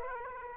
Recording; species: mosquito wingbeat signal from an infrared sensor; Aedes aegypti